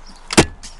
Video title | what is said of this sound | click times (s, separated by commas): 2012 Civic 1.4 i-VTEC with Brian Doolan @ www.hondacentre.ie | that locks into place and then the seat is up | 0.3 s, 0.4 s